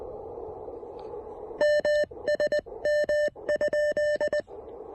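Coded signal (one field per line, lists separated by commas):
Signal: Morse code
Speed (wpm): 19 wpm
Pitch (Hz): 590 Hz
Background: none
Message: MSM?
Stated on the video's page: Morse from a QRP Parks on the Air activation at a lakeside park using an Elecraft KX1 and an MC-750 antenna.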